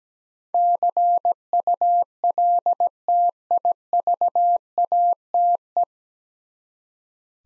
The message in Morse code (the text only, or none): CULTIVATE